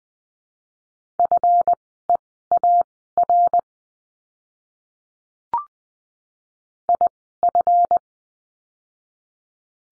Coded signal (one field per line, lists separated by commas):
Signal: Morse code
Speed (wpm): 20 wpm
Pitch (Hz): 700 Hz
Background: none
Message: FEAR IF